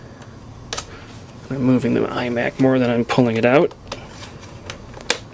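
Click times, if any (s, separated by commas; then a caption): 5.1 s. Someone talks while tugging the plastic pull lever to remove a laptop-style RAM memory module from the memory slot of a 2007–2009 iMac, with a few faint knocks in between. The module releases with a sharp little snap at 5.1 s, popping out of the slot.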